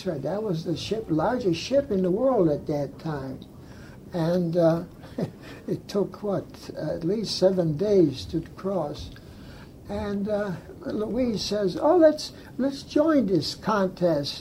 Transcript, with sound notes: That was the ship -- largest ship in the world at that tine. And ah (laughs) it took what ah at least seven days to cross and ah Louise says, oh lets lets join this contest.